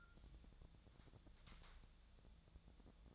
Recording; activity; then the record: daily activity, microphone in the room; take from stove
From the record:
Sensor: 3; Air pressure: 1000.0 hPa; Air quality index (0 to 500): 125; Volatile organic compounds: 2 ppm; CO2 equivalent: 1119 ppm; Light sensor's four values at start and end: 39/99/42/47 and 39/99/42/47